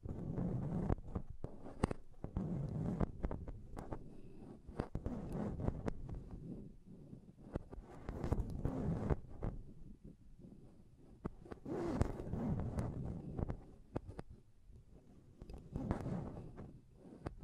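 Tapping and scratching on a microphone fill the recording with muffled, thumping low sounds in uneven bursts. Sharp clicks and knocks cut through every second or so, with brief quieter gaps around 10 and 14 seconds before the rubbing resumes.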